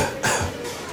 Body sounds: coughing mixed with background sound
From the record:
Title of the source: Spring Cold Coughing 2

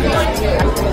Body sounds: background sound without coughing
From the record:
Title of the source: Nightlife Party Simulating Party Club Noise 1 Hour

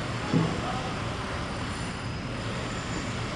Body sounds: background sound without coughing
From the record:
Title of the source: 30 MINUTES Construction Site Ambience (CC BY 4.0)

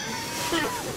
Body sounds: coughing mixed with background sound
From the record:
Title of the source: Dry Coughing Fit in the Afternoon.

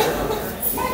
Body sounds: background sound without coughing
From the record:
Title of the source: 40 min - Ambience sounds UNIVERSITY lunchroom chatting

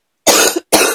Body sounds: coughing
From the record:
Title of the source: 60 coughing still (deep and wet cough)

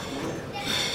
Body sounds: coughing mixed with background sound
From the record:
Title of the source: Spring Cold Coughing 3

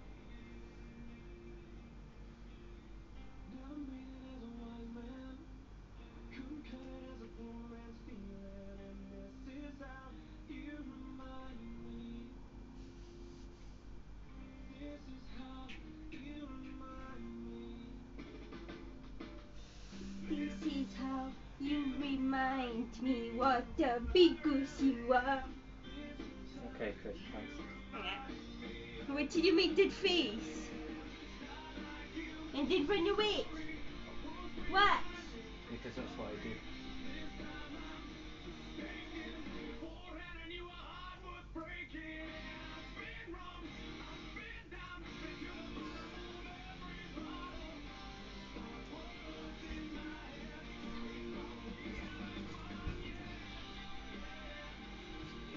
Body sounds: background sound without coughing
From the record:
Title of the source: BackgroundMusic

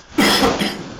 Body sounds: coughing mixed with background sound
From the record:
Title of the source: Man Coughing Sound - Wet Cough Sound Effect

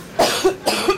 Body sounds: coughing mixed with background sound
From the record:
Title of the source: 61 morning phlegmy cough...again

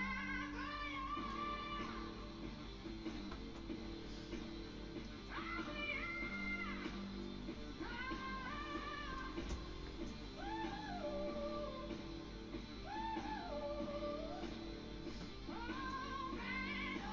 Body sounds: background sound without coughing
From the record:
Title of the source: BackgroundMusic2

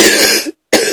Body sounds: coughing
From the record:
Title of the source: 55 gaggy wet cough

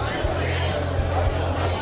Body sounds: background sound without coughing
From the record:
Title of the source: CITY SOUNDS Busy Bar in the Evening Night - 2 HOURS of Ambiance for Relaxation

